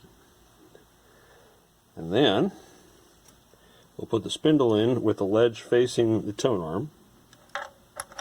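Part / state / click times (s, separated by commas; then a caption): record changer spindle into turntable platter bearing/mechanism / seated / 7.6 s, 8.0 s. Someone talks while a record changer spindle is inserted into a Garrard turntable's changer mechanism and platter bearing, with its ledge facing the tone arm, and pushed down until its retaining clip catches. Sharp clicks at 7.6 s and 8.0 s mark the spindle seating, with the clip there so that removing it takes some effort.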